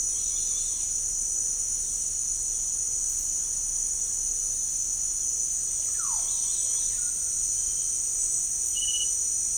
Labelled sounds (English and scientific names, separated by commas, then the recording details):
unidentified bird, Russet-backed Oropendola (Psarocolius angustifrons)
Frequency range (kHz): unidentified bird 0.6-5.0 kHz
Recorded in pastures near Puerto Asís, Putumayo, Colombia, on 20 December 2024 at 17:30
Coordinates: 0.496, -76.326
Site G004